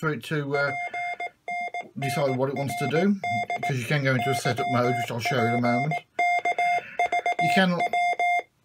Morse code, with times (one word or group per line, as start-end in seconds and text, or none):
0.5-3.7 PNNRD
4.2-8.4 YPKVW